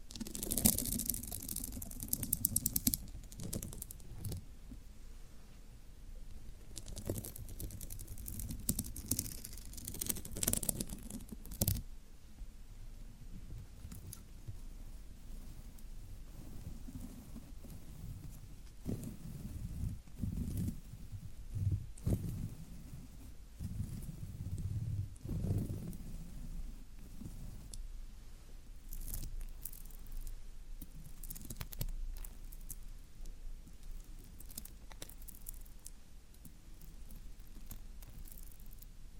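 Floral foam being handled, with irregular crunching, scraping and soft tapping over a low rubbing rumble. Heavier crumbly bursts come early, around the first twelve seconds and again near twenty-five seconds, with sharp clicks scattered throughout and quieter stretches in between.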